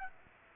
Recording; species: mosquito wingbeat signal from an infrared sensor; Aedes aegypti